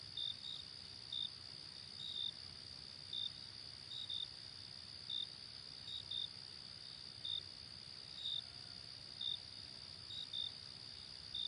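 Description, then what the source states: Crickets: a steady high drone with brief bright chirps recurring roughly each second, a few in quick pairs. Night ambience.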